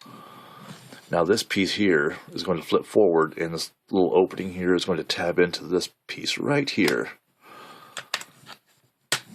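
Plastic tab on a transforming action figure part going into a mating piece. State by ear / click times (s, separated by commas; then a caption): seated / 9.1 s. Someone talks while transforming a plastic Transformers Prime RID Weaponizer Optimus Prime action figure, flipping a piece forward so its small opening tabs onto another plastic piece. Two faint ticks come near 8.0 and 8.1 seconds, then a sharp snap at 9.1 seconds as the tab seats into place.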